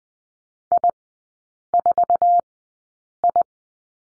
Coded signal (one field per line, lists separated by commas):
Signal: Morse code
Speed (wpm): 20 wpm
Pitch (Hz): 700 Hz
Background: none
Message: I4I